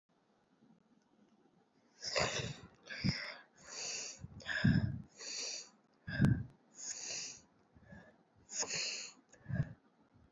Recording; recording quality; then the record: shallow breathing; excellent, no background noise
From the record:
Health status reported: COVID-19 positive, mild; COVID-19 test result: positive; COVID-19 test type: RT-PCR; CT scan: not taken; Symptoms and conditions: cough, cold, breathing difficulty, sore throat, fever, fatigue, muscle pain, loss of smell and taste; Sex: female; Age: 20 years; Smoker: no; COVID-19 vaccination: both doses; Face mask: not worn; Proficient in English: yes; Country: India